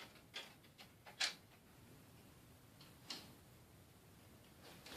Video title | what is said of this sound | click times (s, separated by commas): Installing the Cooler Master 1000 Watt Modular Power Supply - NZXT Phantom 410 (How To Intsall PSU) | so I heard a very satisfying click with my CPU power cable there | 3.1 s